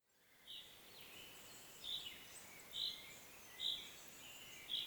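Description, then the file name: Common chaffinch calls, sharp high notes spaced about a second apart, over a steady hiss with faint twittering. "Fringilla coelebs"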